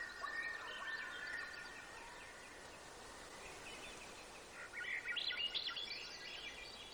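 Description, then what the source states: Bird song with a steady whistled note and twittering phrases at the start, then a livelier cluster of high chirps after a quieter stretch, with background hiss. Gates of the Arctic, Alaska; 18 June 2018, 05:30.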